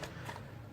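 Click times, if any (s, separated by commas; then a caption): none. A Khyber-made polymer copy of a Russian plum waffle AK magazine for 5.45x39 / .222 is pushed into the magazine well of an AK-pattern rifle for a second try. Only a faint, low rustling and shuffling is heard over 0.8 seconds, and nothing has clicked or seated yet, likely because the fit is quite tight.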